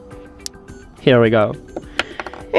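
A silicone ear tip is pressed onto the sound nozzle of a Plantronics Backbeat Pro 5100 earbud, and a sharp click at 0.5 s shows it has seated. Someone then talks, followed by a few softer taps around 2.0–2.3 s.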